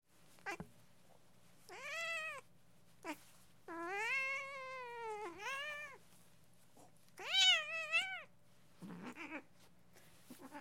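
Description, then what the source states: Cat giving drawn-out, wavering yowls and sharp meows, some rising then falling, with short pauses between cries and a low steady hum underneath. The cat is angry.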